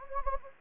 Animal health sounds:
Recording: mosquito wingbeat signal from an infrared sensor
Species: Anopheles gambiae

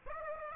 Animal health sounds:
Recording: mosquito wingbeat signal from an infrared sensor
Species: Aedes aegypti

